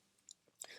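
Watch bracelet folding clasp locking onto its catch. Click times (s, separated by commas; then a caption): 0.3 s, 0.6 s. The steel bracelet folding clasp of a Rolex Submariner 114060 is closed, its spring-loaded second part catching on the small tab underneath. Two sharp, solid-sounding clicks are heard at 0.3 s and 0.6 s, and the clasp snaps shut and locks.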